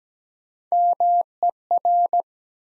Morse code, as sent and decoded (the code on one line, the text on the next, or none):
-- . .-.
MER